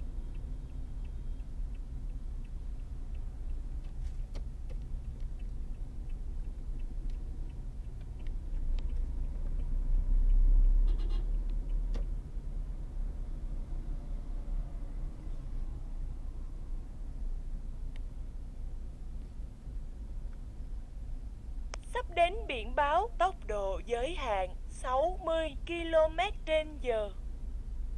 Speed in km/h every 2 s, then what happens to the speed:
17, 17, 18, 21, 25, 29, 29, 28, 26, 21, 12, 8, 3, 1.
4-10 speeds up to 29. 14-25 slows to 1. 25-28 standing.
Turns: none.